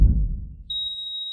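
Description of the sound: Simulated heart monitor sound effect: a low, deep thump fades out, then a steady, continuous high-pitched flatline tone sounds.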